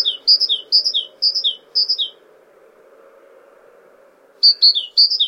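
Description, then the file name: Great tit song: bright two-note phrases, high then lower, repeated rapidly in two bursts with a quiet gap between, over a steady low hum. "Parus major"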